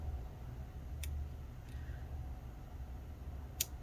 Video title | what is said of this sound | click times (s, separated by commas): iPhone 5S A1453 1533 Disassembly Battery Replacement Repair | Okay, click it down. There we go. Now that it's clicked into place, let's go ahead and make sure | 3.6 s